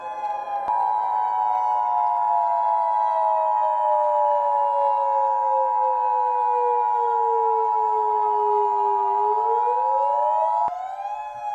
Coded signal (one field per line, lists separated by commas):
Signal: Emergency Alert System (SAME) tones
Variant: 853 and 960 Hz attention tone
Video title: (100th EAS Video Special) EAS Scenario: Valentines Virus (MINI)